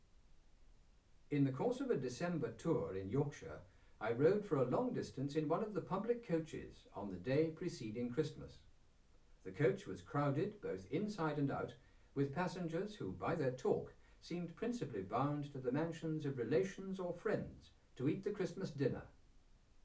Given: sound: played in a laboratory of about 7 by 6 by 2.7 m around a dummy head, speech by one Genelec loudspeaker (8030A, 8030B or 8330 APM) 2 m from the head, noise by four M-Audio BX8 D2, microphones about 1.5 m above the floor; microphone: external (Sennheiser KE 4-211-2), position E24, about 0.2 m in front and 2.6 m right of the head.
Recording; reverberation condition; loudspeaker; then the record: male speech in English; low; 60 degrees to the left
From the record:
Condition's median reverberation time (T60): about 310 ms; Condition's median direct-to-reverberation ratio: about 3.5 dB